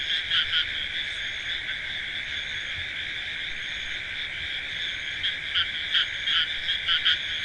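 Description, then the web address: Frogs trilling steadily in chorus, with bursts of louder pulsed croaks near the start and again in the last two seconds. "frogs hq recording"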